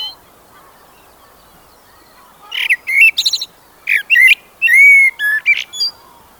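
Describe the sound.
Common blackbird song: after a quiet start, one phrase of low, mellow fluted whistles mixed with squeaky, higher twittering notes, ending with a brief high flourish.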